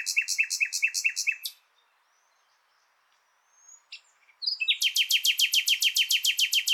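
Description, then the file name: Common nightingale song with a rapid machine-like repetition of identical loud notes, a quiet gap with a few soft notes, then another long fast repeated series. "Luscinia megarhynchos"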